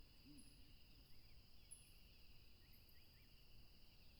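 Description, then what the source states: Crickets in a continuous high trilling chorus, joined by brief sliding chirps and a couple of thin high whistles, with a low rushing noise beneath throughout. Crickets calling by a tropical river.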